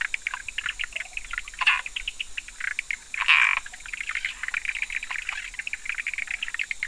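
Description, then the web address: Frogs calling in a dense chorus of short, rapid clicking pulses, with louder bursts around two and three seconds, over a steady high insect hum. Recorded on 11 October 2019, between 18:00 and 20:00. "frog 18-20 20191011"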